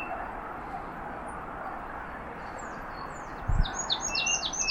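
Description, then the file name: Marsh tit with a few thin slurred notes, then a brisk run of high descending calls at the end, preceded by a low bump and steady background noise. "Poecile palustris"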